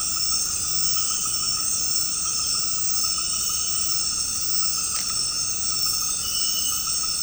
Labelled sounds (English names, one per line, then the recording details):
none
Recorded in secondary vegetation near Puerto Asís, Putumayo, Colombia, on 18 February 2024 at 20:00
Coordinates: 0.468, -76.324
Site G6381